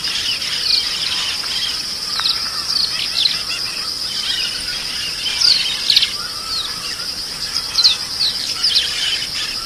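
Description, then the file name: Southern rough-winged swallow calling, short rough chirps in loose bursts over a constant shrill insect chorus. "canto da andorinha serradora"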